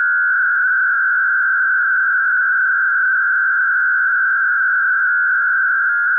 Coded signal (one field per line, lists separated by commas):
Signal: MT63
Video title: Daily Minutes DATA - Use Fldigi - Set RxID on